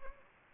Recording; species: mosquito wingbeat signal from an infrared sensor; Anopheles gambiae